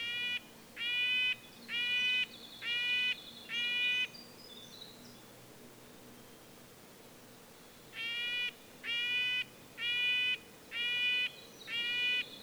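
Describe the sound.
Red-breasted nuthatch sounding nasal horn-like calls in two runs of five, separated by a pause with a few thin high notes.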